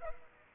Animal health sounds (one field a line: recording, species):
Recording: mosquito wingbeat signal from an infrared sensor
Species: Culex pipiens